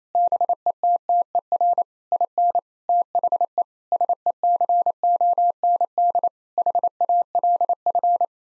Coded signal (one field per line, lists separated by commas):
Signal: Morse code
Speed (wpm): 28 wpm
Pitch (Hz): 700 Hz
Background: none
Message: BETTER IN THE SECOND HALF